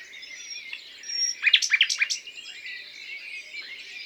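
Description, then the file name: Common nightingale song phrase: a short burst of sharp, rapidly repeated notes against a steady background noise. "Luscinia megarhynchos"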